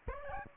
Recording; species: mosquito wingbeat signal from an infrared sensor; Aedes albopictus